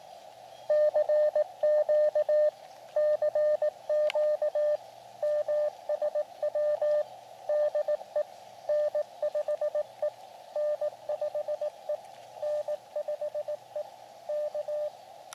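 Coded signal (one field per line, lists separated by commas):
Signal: Morse code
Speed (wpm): 18 wpm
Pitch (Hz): 600 Hz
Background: radio noise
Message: CQ CQ MSW DE N5E N5E N5E K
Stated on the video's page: QRP portable CW contact on an Elecraft KX2 with a random wire antenna, radio overheating in summer sun.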